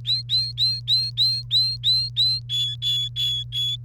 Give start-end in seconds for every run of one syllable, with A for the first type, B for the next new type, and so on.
0.05-2.40 A, 2.49-3.76 B